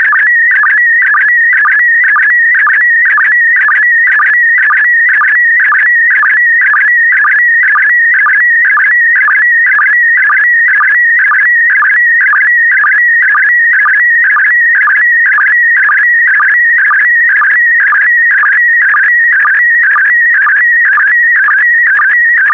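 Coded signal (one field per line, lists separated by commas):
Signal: SSTV (slow-scan television)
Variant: PD120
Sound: steady warbling electronic tone with rhythmic clicking dips about twice per second throughout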